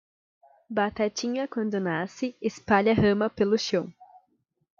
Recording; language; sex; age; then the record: short text; Brazilian Portuguese; female; 20 to 29 years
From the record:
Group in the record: control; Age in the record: 25 years